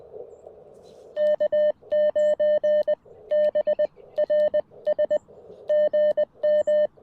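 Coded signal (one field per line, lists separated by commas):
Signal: Morse code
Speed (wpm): 20 wpm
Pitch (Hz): 590 Hz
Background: none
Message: K9BRS GM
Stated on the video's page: CW POTA activation on 40m with a CFT1 radio, EFHW antenna, homebrew Pico Paddle.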